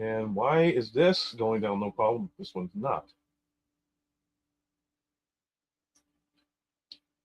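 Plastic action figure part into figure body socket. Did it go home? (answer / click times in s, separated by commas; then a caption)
yes / 6.9 s. Someone talks for about the first three seconds, then a plastic action figure part is pushed into its socket in the figure's body. After near silence and a faint tick at 6.0 s, a sharp, brief click at 6.9 s marks the part seating.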